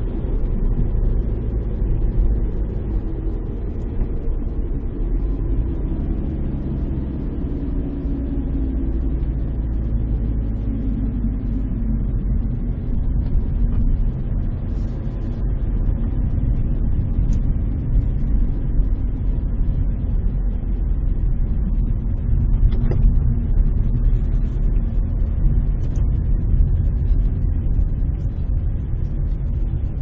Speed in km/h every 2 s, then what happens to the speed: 40, 39, 35, 28, 23, 21, 21, 24, 22, 20, 16, 12, 20, 17, 14.
0-10 slows to 21. 10-15 steady at about 21. 15-21 slows to 12. 25-30 slows to 14.